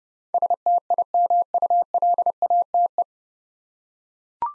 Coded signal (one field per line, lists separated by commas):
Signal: Morse code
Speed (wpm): 30 wpm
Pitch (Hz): 700 Hz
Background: none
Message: STIMULATE